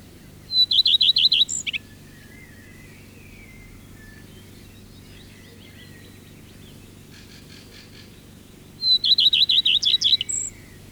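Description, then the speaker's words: Common Redstart sings two short phrases about eight seconds apart, each a high note followed by rapid repeated notes and a brief flourish. Evening trip to a pine heath, after sunset; the species sings most actively early in the morning and at dusk; recorded by Jan-Erik Bruun; from a 1983 Finnish bird-song cassette. "Leppälintu laulaa ahkerimmin aikaisin aamulla ja iltahämärissä."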